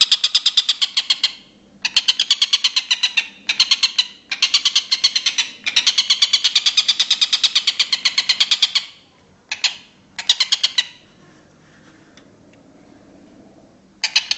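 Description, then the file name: Stork-billed kingfisher calling in bursts of rapid, harsh, rasping notes, broken by short gaps. "tengkek buto om andri"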